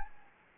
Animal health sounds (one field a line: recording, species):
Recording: mosquito wingbeat signal from an infrared sensor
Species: Anopheles gambiae